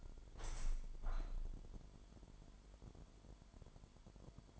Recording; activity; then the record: daily activity, microphone in the room; open window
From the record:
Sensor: 5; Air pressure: 998.8 hPa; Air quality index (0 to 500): 104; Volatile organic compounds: 2 ppm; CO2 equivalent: 1205 ppm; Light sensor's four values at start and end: 40/99/41/47 and 40/99/41/46